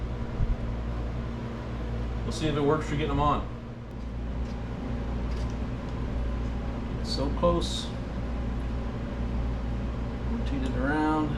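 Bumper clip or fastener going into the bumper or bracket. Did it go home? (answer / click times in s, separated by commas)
no / none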